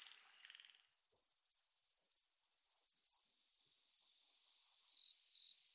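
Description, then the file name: Cricket chirping, very high rapid pulses in an even rhythm, with a brief lower buzzing trill at the start that soon stops. "Just Sound Effects Crickets and Cicadas"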